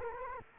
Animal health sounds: mosquito wingbeat signal from an infrared sensor; Culex quinquefasciatus

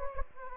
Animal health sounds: mosquito wingbeat signal from an infrared sensor; Anopheles gambiae

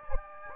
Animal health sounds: mosquito wingbeat signal from an infrared sensor; Anopheles gambiae

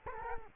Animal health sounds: mosquito wingbeat signal from an infrared sensor; Culex quinquefasciatus

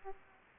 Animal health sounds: mosquito wingbeat signal from an infrared sensor; Aedes aegypti

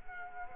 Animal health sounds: mosquito wingbeat signal from an infrared sensor; Culex quinquefasciatus

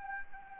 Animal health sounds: mosquito wingbeat signal from an infrared sensor; Anopheles gambiae

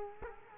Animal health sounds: mosquito wingbeat signal from an infrared sensor; Culex quinquefasciatus

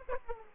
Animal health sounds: mosquito wingbeat signal from an infrared sensor; Aedes aegypti

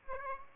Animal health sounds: mosquito wingbeat signal from an infrared sensor; Aedes aegypti

